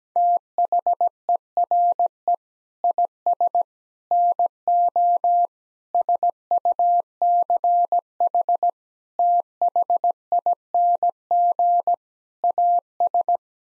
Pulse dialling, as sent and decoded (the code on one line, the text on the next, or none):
none